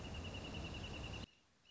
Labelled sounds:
Wrentit (Chamaea fasciata)
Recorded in Sonoma County, California

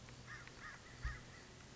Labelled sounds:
American Crow (Corvus brachyrhynchos)
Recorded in Sonoma County, California

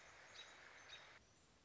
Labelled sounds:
American Robin (Turdus migratorius)
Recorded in Sonoma County, California

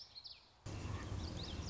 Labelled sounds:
Common Yellowthroat (Geothlypis trichas)
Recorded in Sonoma County, California

